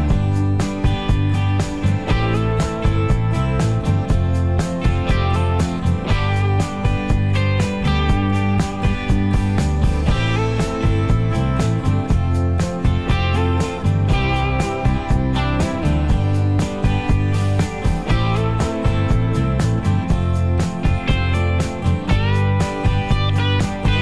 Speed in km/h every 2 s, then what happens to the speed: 72, 72, 72, 74, 74, 76, 71, 69, 68, 69, 71, 72.
0-24 steady at about 72.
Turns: none.